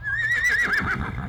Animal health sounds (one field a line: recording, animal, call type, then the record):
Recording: contact call of a hoofed animal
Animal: Przewalski's horse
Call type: whinny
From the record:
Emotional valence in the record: negative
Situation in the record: group separation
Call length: 1.29 s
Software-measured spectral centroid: 2630 Hz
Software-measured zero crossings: 2750 a second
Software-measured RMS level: -24 dBFS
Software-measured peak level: -17 dBFS